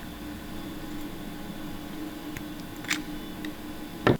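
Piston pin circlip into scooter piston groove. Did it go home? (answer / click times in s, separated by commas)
no / none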